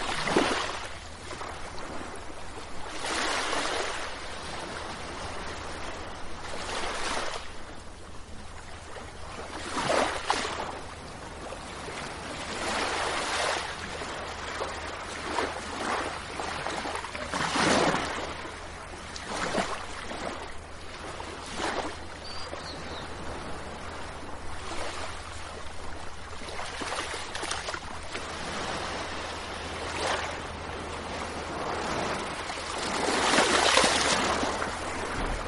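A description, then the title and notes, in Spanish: Waves wash repeatedly onto the shore, each surge bright and hissing every few seconds, over a steady low rumble and constant hum. A la orilla del mar.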